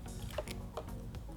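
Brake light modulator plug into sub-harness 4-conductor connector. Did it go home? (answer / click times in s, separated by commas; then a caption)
no / none. A brake light modulator is being handled at the 4-conductor plastic plug on the sub harness of a 2018+ Yamaha MT-07 motorcycle. Light plastic ticks and handling sounds come at about 0.3, 0.5, 0.8 and 1.2 seconds over a steady low hum. Nothing has seated or clicked yet.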